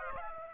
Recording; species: mosquito wingbeat signal from an infrared sensor; Aedes aegypti